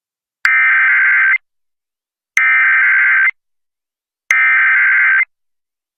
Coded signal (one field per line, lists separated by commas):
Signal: Emergency Alert System (SAME) tones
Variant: header bursts